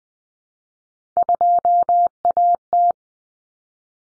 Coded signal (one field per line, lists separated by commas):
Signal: Morse code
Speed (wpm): 20 wpm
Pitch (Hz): 700 Hz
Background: none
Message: 2AT